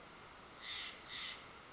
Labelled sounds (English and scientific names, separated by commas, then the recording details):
Steller's Jay (Cyanocitta stelleri)
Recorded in Sonoma County, California